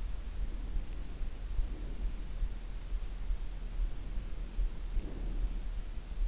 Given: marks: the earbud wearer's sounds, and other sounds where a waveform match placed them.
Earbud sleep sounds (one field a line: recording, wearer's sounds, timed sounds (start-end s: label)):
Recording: sounds in sleep by an in-ear microphone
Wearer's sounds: breath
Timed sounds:
0.47-2.33 s: breath
3.95-5.63 s: breath